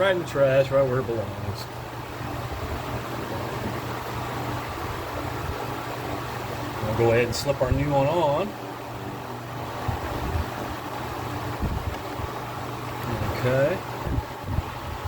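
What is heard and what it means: Someone talks while a new EVAP purge solenoid valve is slipped into place and lined up on the engine intake of a 2015 Chevy Trax during troubleshooting for a P0496 flow-during-non-purge code. A steady background hum runs throughout, with a few soft handling sounds. The valve has not yet snapped or clicked onto the intake.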